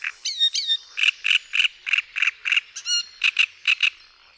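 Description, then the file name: Great reed warbler song: a steady series of loud, grating, frog-like croaks, broken by a few brief whistled and sliding notes. "TRZCINIAK"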